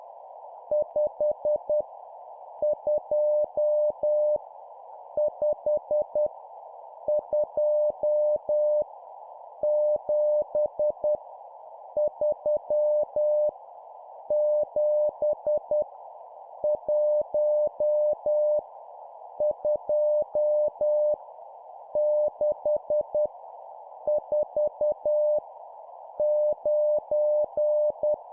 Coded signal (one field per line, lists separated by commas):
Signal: Morse code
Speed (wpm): 10 wpm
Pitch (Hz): 600 Hz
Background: none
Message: 5 2 5 2 7 3 7 1 2 6 4 9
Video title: 10wpm Random Numbers, morse code course